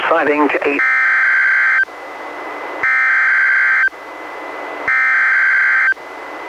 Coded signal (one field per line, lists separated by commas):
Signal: Emergency Alert System (SAME) tones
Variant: header bursts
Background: speech